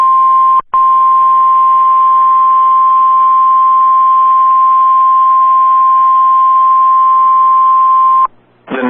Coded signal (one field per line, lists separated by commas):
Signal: Emergency Alert System (SAME) tones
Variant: 1050 Hz attention tone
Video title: Tornado warning for Cleveland and McClain, OK (EAS #114)